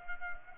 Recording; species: mosquito wingbeat signal from an infrared sensor; Culex pipiens